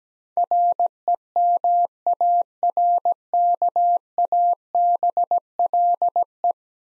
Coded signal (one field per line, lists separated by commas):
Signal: Morse code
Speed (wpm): 17 wpm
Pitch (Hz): 700 Hz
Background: none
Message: REMARKABLE